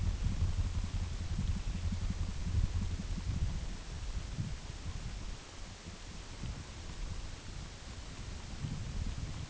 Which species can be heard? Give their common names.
Long-billed Dowitcher